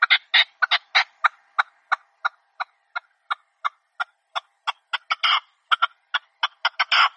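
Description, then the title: Partridge calls: harsh, grating chuckling notes in bursts, some doubled, repeated rapidly at slightly uneven intervals. Partridge call used as a hunting lure (reclamo). "Canto de Perdiz"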